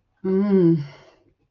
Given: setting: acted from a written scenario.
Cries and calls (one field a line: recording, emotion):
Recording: vocal sound without words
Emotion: desire